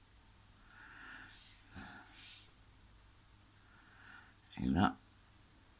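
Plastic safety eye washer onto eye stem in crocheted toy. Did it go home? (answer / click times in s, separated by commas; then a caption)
no / none. A plastic washer backing is handled onto the stem of the second safety eye of a crocheted tomato toy while someone briefly talks, with soft rustling throughout and a short louder sound near 4.6–4.9 s. Nothing has seated or clicked yet; the clip ends just before the backing goes home.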